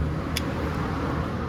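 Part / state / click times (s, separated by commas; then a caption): cam chain tensioner in motorcycle engine cylinder / partly seated / 0.4 s. A cam chain tensioner in a motorcycle engine cylinder is tightened so it rises and locks, giving a short metallic click at 0.4 s over a steady low rumble. The locking force is still not enough, so the tensioner is not fully locked yet.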